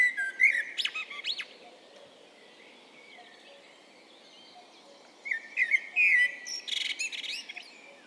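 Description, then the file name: Eurasian blackbird song: a short mellow phrase ending in thin high notes, a long quiet gap, then a longer warbling phrase with a squeaky, twittering finish. "Turdus merula"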